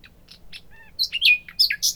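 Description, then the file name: Common nightingale song fragment of scattered soft notes, a thin whistle, then loud quick slurred chirps. "Luscinia megarhynchos"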